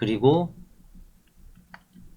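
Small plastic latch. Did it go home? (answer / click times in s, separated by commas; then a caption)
yes / 1.7 s. A camcorder's quick-release mounting plate is set into a tripod head, and pressing the rear button locks it in. Someone talks briefly at the start, then a sharp click is heard at 1.7 s as the plate seats into the tripod head.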